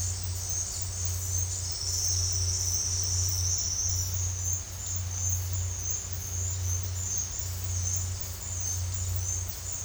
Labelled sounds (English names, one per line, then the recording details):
none
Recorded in dense forest near Puerto Asís, Putumayo, Colombia, on 8 March 2025 at 14:00
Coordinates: 0.468, -76.322
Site GP01